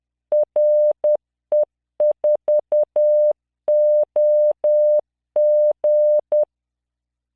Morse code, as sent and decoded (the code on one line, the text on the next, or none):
.-. . ....- --- --.
RE4OG